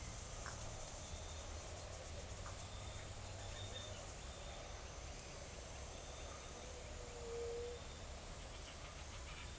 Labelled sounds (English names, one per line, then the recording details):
none
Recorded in forest near Pivijay, Magdalena, Colombia, on 4 June 2023 at 16:00
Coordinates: 10.467, -74.380
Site Z5-G034